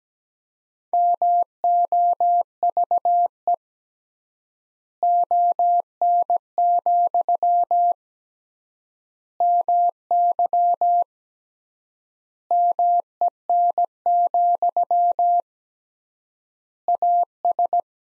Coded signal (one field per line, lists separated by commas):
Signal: Morse code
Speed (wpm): 17 wpm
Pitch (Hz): 700 Hz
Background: none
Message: MOVE ON, MY MEN, AS